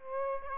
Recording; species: mosquito wingbeat signal from an infrared sensor; Aedes aegypti